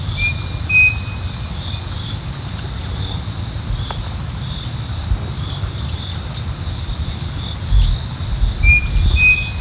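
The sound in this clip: Striped cuckoo whistled call: a clear two-note whistle, given once near the start and again near the end, over a steady insect drone.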